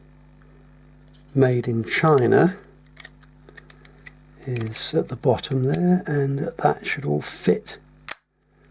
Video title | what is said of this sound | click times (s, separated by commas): WAHL Groomsman 9906 Trimmer Repair | back together and click into place and there we are | 8.1 s